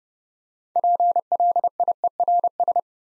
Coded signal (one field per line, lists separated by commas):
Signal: Morse code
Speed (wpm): 30 wpm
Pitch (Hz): 700 Hz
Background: none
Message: PLIERS